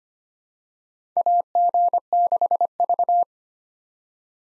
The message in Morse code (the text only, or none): AG6V